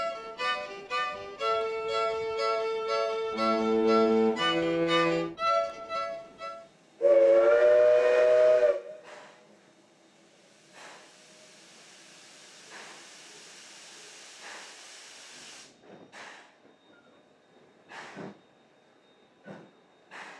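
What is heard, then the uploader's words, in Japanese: A steam train's melodic whistle plays in stepped tones, then a loud shrill blast near seven seconds gives way to hissing steam and scattered clanks. 大井川鐵道・本線を走る「かわね路号」や臨時SL急行です。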